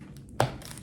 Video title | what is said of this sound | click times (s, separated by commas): Colostomy skill | we hear a click when we know it's in place | 0.4 s